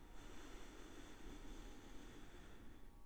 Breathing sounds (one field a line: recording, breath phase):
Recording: one breath near a microphone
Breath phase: inhalation